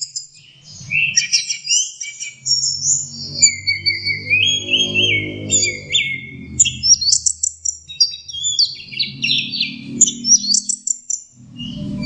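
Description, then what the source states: Orange-headed thrush song, a rich, fast run of varied whistles, trills and sharp chirps changing pitch constantly, with a low rumbling hum underneath at times. Masteran (training) song of orange-headed thrush.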